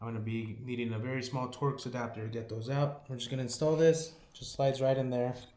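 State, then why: Not seated. An M.2 storage drive is slid into its motherboard slot while a man talks throughout. No click is heard, and the drive has not yet seated or clicked into place by the end.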